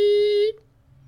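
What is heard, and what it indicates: A half-second steady, mid-pitched hummed tone, a man's vocal imitation of a heart monitor's infamous flatline alarm. The tone is cut short, sounding more like an answering-machine beep than a sustained flatline.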